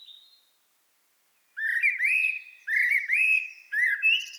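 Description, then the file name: Common blackbird: after a brief faint note and a pause, three rich, swooping, fluted phrases follow one another, each topped with squeaky high overtones. "Turdus merula"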